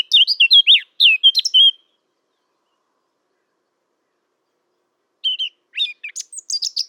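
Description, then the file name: Eurasian blackcap warbling: a short bright burst of notes, over three seconds of silence, then a second phrase. "Sylvia atricapilla"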